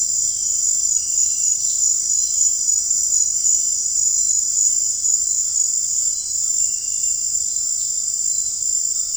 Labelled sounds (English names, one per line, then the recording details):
none
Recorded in pastures near Puerto Asís, Putumayo, Colombia, on 21 March 2025 at 18:00
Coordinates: 0.502, -76.324
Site GP07